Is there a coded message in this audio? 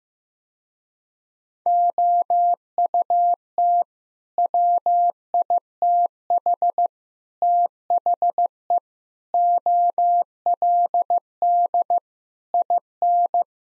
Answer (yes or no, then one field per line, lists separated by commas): yes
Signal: Morse code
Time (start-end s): 1.7-13.4 s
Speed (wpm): 15 wpm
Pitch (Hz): 700 Hz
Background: none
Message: OUT WITH THE OLD IN